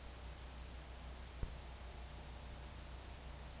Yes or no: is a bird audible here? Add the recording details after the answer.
no. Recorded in dense forest near Puerto Asís, Putumayo, Colombia, on 21 February 2024 at 16:00. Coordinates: 0.485, -76.322. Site G6406